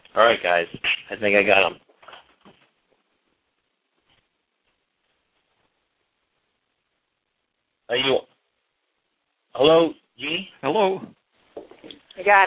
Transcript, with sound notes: Alright, guys. I think I got him. [silence] Are you on? Hello, Jeannie? Hello. -I got it.